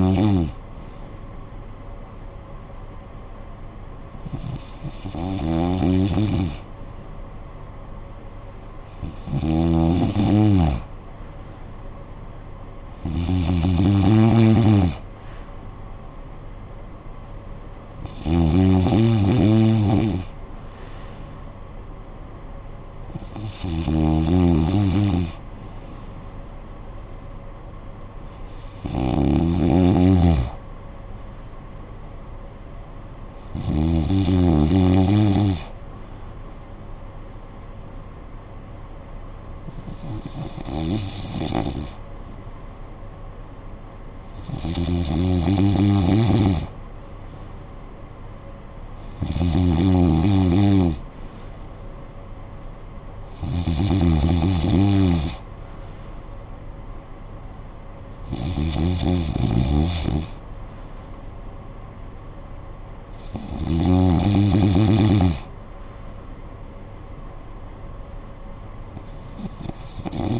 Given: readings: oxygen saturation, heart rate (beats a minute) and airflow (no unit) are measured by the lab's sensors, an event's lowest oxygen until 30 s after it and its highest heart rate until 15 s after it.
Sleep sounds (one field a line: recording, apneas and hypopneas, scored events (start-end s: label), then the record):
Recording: breathing in sleep by a smartphone at the bedside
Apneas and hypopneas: none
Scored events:
56.00-70.40 s: new sleep stage, N2 (light sleep)
From the record:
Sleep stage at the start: N1 (lightest sleep)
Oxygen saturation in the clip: 93 to 95%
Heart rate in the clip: 51 to 68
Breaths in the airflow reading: 14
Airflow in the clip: -10.6 to 8.8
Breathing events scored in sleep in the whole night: 445 in 7.6 hours asleep